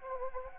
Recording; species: mosquito wingbeat signal from an infrared sensor; Anopheles gambiae